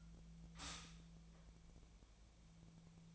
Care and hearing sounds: daily activity, microphone in the room; stop toaster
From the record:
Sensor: 1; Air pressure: 1009.3 hPa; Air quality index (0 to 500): 196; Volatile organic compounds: 20 ppm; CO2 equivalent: 2676 ppm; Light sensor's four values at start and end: 11/30/11/13 and 13/33/13/14

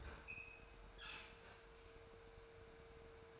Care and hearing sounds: daily activity, microphone in the room; open fridge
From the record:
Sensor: 2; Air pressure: 1014.8 hPa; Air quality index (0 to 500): 196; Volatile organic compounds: 17 ppm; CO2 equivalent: 2582 ppm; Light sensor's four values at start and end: 24/60/26/28 and 20/49/21/23

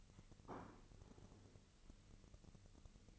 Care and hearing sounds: daily activity, microphone in the room; place plate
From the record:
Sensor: 4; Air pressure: 1008.3 hPa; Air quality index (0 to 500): 83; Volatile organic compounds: 1 ppm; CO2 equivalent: 654 ppm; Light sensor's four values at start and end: 13/29/12/11 and 13/29/12/11

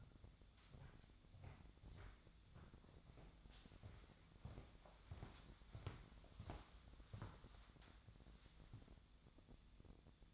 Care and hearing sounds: daily activity, microphone in the room; walk to room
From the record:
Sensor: 3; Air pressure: 999.9 hPa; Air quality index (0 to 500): 118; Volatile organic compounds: 2 ppm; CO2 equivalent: 1057 ppm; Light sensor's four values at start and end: 40/97/43/47 and 26/59/28/32

